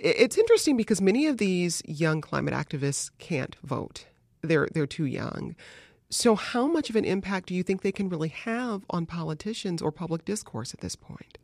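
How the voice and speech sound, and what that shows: An adult radio host asks a question in clear, fluent conversational speech at an ordinary pace.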